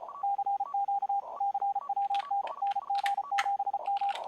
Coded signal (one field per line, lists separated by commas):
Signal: Morse code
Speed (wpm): 34 wpm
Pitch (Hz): 800 Hz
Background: radio noise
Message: CQ CWT NG7M